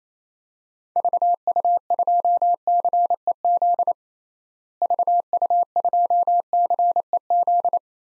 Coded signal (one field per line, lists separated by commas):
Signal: Morse code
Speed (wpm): 27 wpm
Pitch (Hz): 700 Hz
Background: none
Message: VU2CEZ VU2CEZ